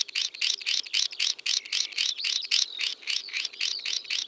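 Swinhoe's snipe calling in rapid, evenly spaced high chipping notes, roughly four a second, over a soft wavering whistle in the background.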